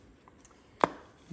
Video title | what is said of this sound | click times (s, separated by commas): Porsche Boxster Starter, Alternator and Wiring Harness Install (BBB Part 25) | it is not clicking hmm all right I | none